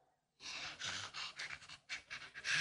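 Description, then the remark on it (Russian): Loud, heavy breathing in quick, ragged bursts, about seven harsh huffs in a little over two seconds, with no talking, from someone panting while crawling closer on their belly. “Только дыши не так громко.”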